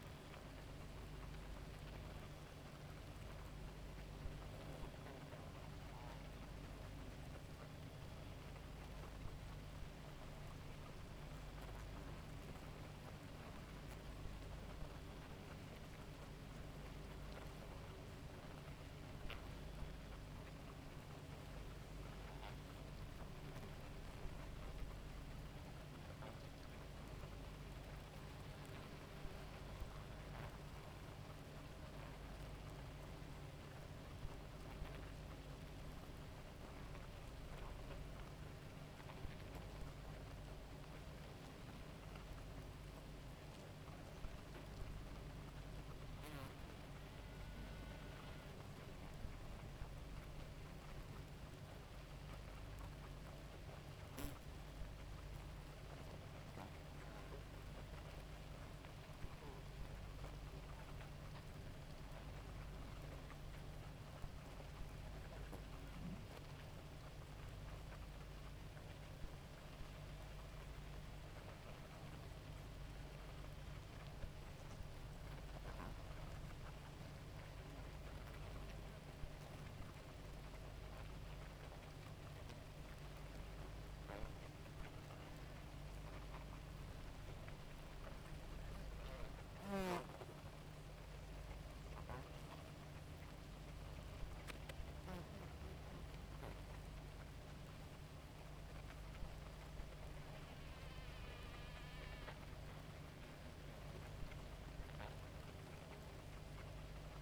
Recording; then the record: honeybee colony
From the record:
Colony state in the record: active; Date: 28 July 2017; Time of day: 2:57